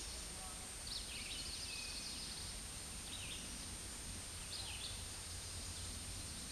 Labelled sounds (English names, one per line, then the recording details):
Red-eyed Vireo song
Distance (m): 40 m
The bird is about 25 m above the microphone
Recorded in a Pennsylvania forest on 16 May 2024 at 08:27
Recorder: AudioMoth, point MSD-0398
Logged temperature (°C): 16.4 °C
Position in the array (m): 176 m, 73 m